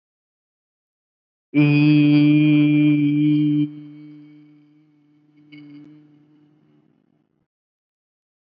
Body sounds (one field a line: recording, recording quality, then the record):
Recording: sustained vowel as in beet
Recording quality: excellent, no background noise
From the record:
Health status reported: COVID-19 positive, mild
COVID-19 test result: positive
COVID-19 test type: RT-PCR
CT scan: not taken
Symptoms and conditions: cough, sore throat, fatigue, muscle pain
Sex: male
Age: 23 years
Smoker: no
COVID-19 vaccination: both doses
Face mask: worn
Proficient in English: no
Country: India